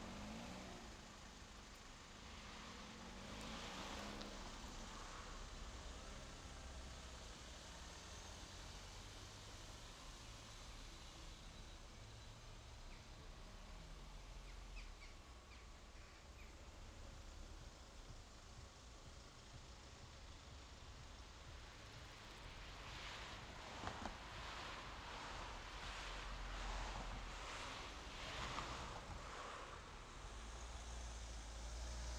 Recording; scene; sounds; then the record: everyday scene through a hearing-aid microphone; in traffic; traffic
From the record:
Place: main road on the outskirts, rush hour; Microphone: in the ear canal, left